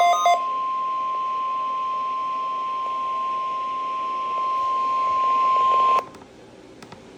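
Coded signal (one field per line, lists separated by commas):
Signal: Emergency Alert System (SAME) tones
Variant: 1050 Hz attention tone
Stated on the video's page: Required Weekly Test tones from weather radio station WXJ46, Miamisburg, Ohio, issued by the ILN office.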